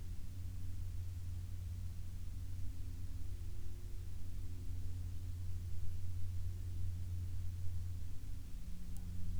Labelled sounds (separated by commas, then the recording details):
aircraft
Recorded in the Prudhoe Bay oil fields, Alaska, on 12 May 2019 at 12:15
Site 16